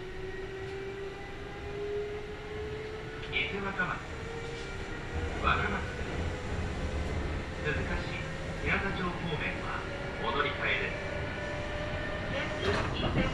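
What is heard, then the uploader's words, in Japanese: A Kintetsu Nagoya Line local train rolls on with a steady low rumble and a thin motor whine that slowly climbs in pitch. From about three seconds on, short bursts of speech come and go over the continuous running noise. 近鉄名古屋線各駅停車 塩浜→白子。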